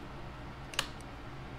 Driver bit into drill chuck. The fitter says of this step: and then just twist and it locks you can hear it click and lock